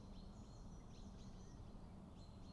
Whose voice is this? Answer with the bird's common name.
Common Chaffinch